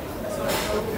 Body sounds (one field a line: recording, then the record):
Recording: background sound without coughing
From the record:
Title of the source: 40 min - Ambience sounds UNIVERSITY lunchroom chatting